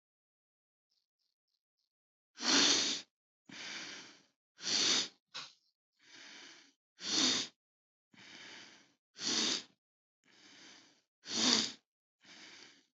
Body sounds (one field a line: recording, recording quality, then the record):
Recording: deep breathing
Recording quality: poor, much background noise or distortion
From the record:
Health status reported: healthy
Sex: male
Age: 27 years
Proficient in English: yes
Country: India